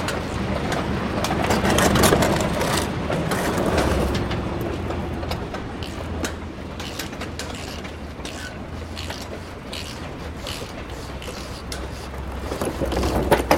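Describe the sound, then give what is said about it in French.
Engine plates being refitted on a tank: scattered metallic clanks and scrapes over a steady, low mechanical rumble, with no voices. “Là, je remets les plaques moteurs en fait.”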